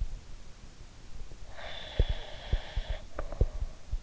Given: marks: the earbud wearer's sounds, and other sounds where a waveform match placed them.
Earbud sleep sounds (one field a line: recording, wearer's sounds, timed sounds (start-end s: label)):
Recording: sounds in sleep by an in-ear microphone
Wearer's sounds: breath, teeth grinding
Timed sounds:
1.45-3.78 s: breath
1.92-4.03 s: sound from someone else or the room
2.98-3.52 s: teeth grinding